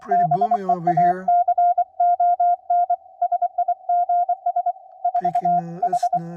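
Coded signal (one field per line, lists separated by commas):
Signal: Morse code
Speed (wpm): 25 wpm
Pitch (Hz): 720 Hz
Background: speech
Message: BEACON SIGS 4 H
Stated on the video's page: Morse from a Yaesu FT-891 with a modified ATAS-120 antenna mounted on a cowling bracket, ungrounded, readied for Field Day.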